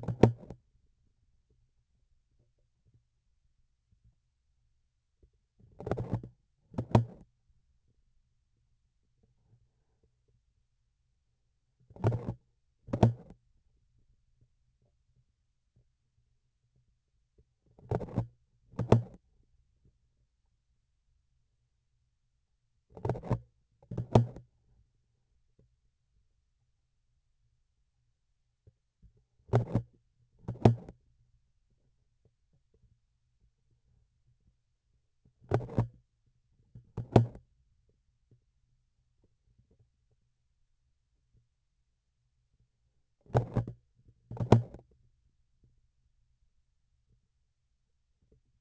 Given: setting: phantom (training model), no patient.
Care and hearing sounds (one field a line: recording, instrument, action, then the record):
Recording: laparoscopic instrument, vibration sensor on the handle end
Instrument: grasping forceps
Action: opening and closing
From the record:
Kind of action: tool actuation without material contact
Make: other than Olympus